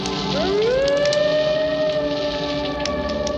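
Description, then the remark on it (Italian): A long, ferocious wolf howl rises out of the darkness, swooping upward, then holding a steady, wavering mid-pitched note over a constant hissing background like rain. “Un lungo ululato, tragicamente feroce, sorse dalle tenebre.”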